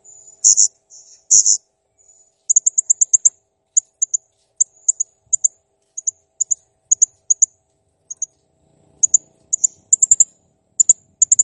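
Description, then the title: Blue-crowned hanging parrot giving a few harsh high bursts, then a rapid run of tiny ticking chirps and paired high notes repeated throughout. Training recording for cage songbirds; actively singing (gacor) and clear. "Masteran Burung Serindit Masteran Serindit Gacor Jernih"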